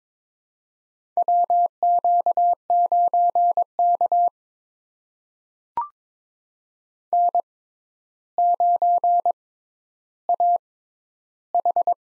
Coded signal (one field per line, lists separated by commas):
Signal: Morse code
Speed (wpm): 21 wpm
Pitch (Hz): 700 Hz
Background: none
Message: WQ9K N9AH